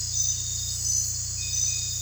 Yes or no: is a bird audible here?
no